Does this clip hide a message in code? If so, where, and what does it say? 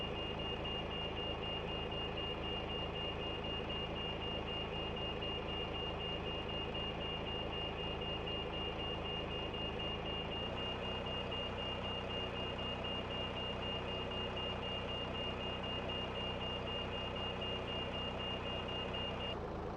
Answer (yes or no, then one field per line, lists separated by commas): no